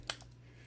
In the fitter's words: snaps closed okay